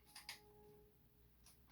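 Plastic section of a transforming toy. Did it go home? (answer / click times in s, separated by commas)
yes / 0.3 s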